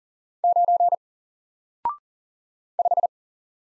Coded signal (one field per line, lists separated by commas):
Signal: Morse code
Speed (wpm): 40 wpm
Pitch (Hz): 700 Hz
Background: none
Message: 9 5